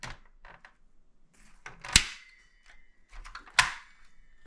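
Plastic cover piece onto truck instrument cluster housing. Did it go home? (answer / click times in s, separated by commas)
yes / 2.0 s, 3.6 s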